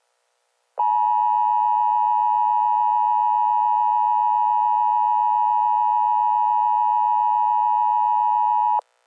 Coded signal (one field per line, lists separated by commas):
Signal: Emergency Alert System (SAME) tones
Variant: 853 and 960 Hz attention tone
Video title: EAS Scenario #2: Subzero Wasteland